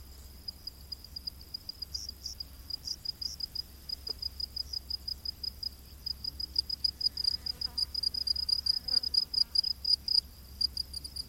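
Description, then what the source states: Cricket: insects chirping high and uneven, starting sparse then settling into a quick pulsing series, with scattered buzzy insect notes and a low hum. Crickets calling in a humid rainforest at night.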